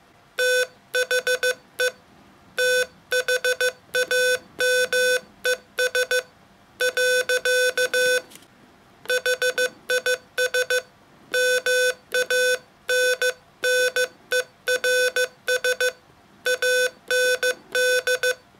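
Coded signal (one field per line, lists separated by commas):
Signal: Morse code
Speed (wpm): 15 wpm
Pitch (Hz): 500 Hz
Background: none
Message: THE THAMES . HIS MANNERS AND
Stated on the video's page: Poem sent in Morse code as a soporific ASMR sound sculpture.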